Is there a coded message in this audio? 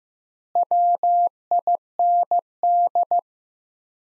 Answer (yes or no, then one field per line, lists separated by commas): yes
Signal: Morse code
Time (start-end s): 0.6-3.2 s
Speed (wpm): 15 wpm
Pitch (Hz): 700 Hz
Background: none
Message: WIND